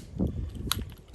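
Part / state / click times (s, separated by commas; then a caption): chair leg and arm tubes into the frame joints / seated / 0.7 s, 1.1 s. The elastic-corded leg and arm tubes of a folding chair frame are wiggled after the Velcro is undone, and they snap into their frame joint sockets. Soft rustling and low knocks build up before a sharp, bright click at 0.7 s, with another click at 1.1 s as the tubes seat in place.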